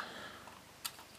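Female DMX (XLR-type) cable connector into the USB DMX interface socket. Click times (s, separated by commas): 0.9 s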